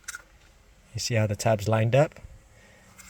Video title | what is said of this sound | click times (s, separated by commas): BMW E9X Ashtray Delete to Cup Holders | All right, that snaps into place. | 0.1 s, 0.2 s